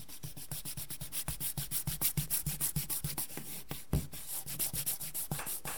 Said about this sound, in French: Donc là, je vais passer la gomme pour enlever le crayon.